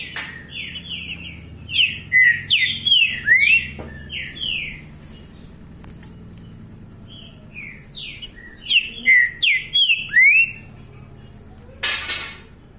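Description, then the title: Green-winged saltator singing rich whistled phrases of sliding notes, in two loud bursts separated by a quieter stretch, with fainter high twittering. Said to sing like this constantly, all year round. "Canto De Trinca Ferro Voz 07. O ANO TODO DESSE JEITO, ESSE TRINCA FERRO CANTA DIRETO"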